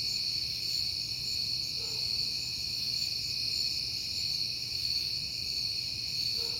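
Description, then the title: Steady high cricket chirping fills the scene, with two short faint lower tones near two and six and a half seconds and a soft low hum. Crickets on a peaceful night in September. "Night Time: Crickets and Passing Cars"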